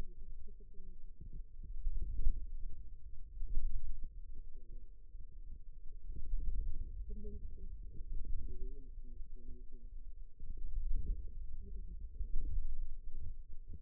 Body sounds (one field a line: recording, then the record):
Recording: forearm muscle sounds (acoustic myography)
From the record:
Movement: wrist extension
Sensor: system 2, bracelet of six BSWA MPA416 microphones around the upper forearm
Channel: 3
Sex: female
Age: 21 years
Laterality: right